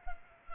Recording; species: mosquito wingbeat signal from an infrared sensor; Culex pipiens